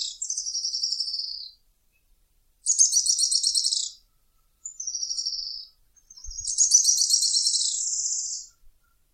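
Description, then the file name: Araucaria tit-spinetail song: four high, thin trilled phrases of about one to two and a half seconds each, some slightly descending, others buzzier and rattling, with short silent gaps between. "canto do grimpeiro"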